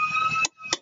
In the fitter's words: wait for the click